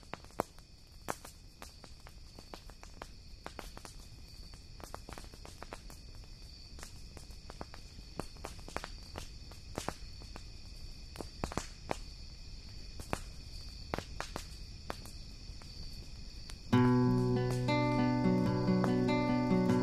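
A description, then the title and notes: A bonfire crackles with sharp, irregular pops scattered across the whole clip over a low, soft rumble, while a thin, steady high whine of insects hangs above. Near the seventeenth second a loud, sustained tone with layered pitches abruptly cuts in and holds to the end. Beside a bonfire.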